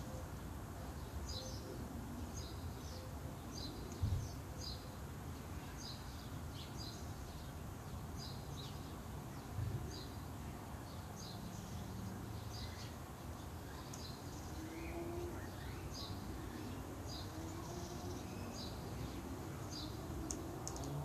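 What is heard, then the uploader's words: City sounds recorded from a garden: a steady low rumble of traffic fills the background throughout. Small high bird chirps repeat regularly across the clip, and faint voices drift in, with two brief thuds near four and ten seconds. City sounds and all around recording from my garden.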